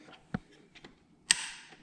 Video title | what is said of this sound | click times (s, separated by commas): HOW TO USE HIZERO F803 ALL-IN-ONE BIONIC CLEANER | locks into place quick little turn clicks | 1.3 s